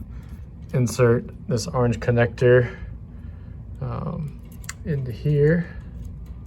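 An orange push-in wire connector is being handled and brought to the socket on the driver housing of an LED troffer retrofit kit while someone talks. The clip ends before the connector goes in, and nothing has seated or clicked yet.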